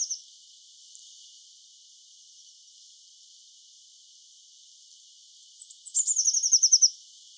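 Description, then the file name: Eurasian blue tit: a brief fragment at the start, then after a long quiet pause a high piercing note pair running into a quick, slightly descending trill. "Cyanistes caeruleus"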